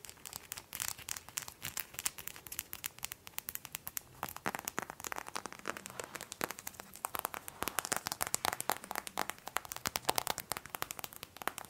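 Dense, rapid tapping and scratching clicks fill all twelve seconds, crisp with a crinkly edge.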